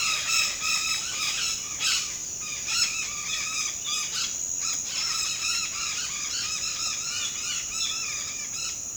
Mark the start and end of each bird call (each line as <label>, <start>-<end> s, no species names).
bird call, 0.00-2.11 s
bird call, 2.41-4.27 s
bird call, 4.56-8.76 s